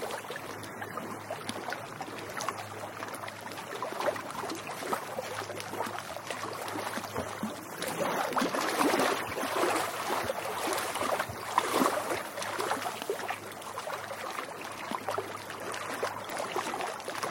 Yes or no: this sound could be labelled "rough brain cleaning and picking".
no